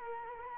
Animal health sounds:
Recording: mosquito wingbeat signal from an infrared sensor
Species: Culex quinquefasciatus

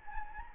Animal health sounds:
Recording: mosquito wingbeat signal from an infrared sensor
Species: Anopheles gambiae

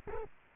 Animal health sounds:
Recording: mosquito wingbeat signal from an infrared sensor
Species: Culex quinquefasciatus

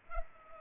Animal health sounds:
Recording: mosquito wingbeat signal from an infrared sensor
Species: Culex pipiens

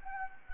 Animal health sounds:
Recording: mosquito wingbeat signal from an infrared sensor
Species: Anopheles gambiae

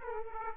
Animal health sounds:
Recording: mosquito wingbeat signal from an infrared sensor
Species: Aedes aegypti

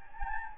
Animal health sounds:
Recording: mosquito wingbeat signal from an infrared sensor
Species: Anopheles gambiae

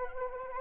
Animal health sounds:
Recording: mosquito wingbeat signal from an infrared sensor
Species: Anopheles arabiensis

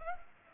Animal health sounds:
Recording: mosquito wingbeat signal from an infrared sensor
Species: Culex pipiens

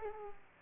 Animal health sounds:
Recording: mosquito wingbeat signal from an infrared sensor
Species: Aedes aegypti

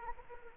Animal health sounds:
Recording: mosquito wingbeat signal from an infrared sensor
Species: Anopheles arabiensis

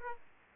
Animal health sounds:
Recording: mosquito wingbeat signal from an infrared sensor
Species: Aedes aegypti

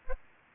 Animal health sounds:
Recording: mosquito wingbeat signal from an infrared sensor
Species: Aedes aegypti

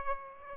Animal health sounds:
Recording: mosquito wingbeat signal from an infrared sensor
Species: Aedes aegypti

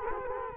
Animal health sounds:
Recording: mosquito wingbeat signal from an infrared sensor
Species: Culex quinquefasciatus

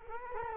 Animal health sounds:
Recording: mosquito wingbeat signal from an infrared sensor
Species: Culex quinquefasciatus

